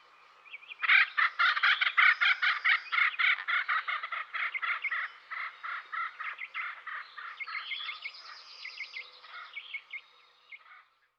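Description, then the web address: Acorn woodpecker delivering a long, rapid series of harsh, nasal waka-like notes, loud at first and gradually fading over about ten seconds. "Dan Gibson Wildlife Identification By Sound, Western North America. Acorn Woodpecker"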